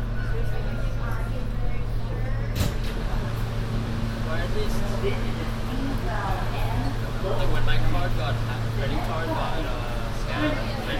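Aboard an N subway train, a steady low hum and rumble of the moving car runs throughout beneath a constant murmur of passenger chatter. A sharp clack sounds near 2.5 seconds, and the din swells briefly around 7 to 8 seconds.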